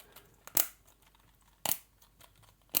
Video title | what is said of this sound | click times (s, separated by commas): A Working ROKR Mechanical Typewriter Step-by-Step Assembly Final Part 5 - 3D Wood Puzzle | Oh, nice clicking sounds. That is satisfying. There we go. | 0.5 s, 0.6 s, 1.7 s, 2.8 s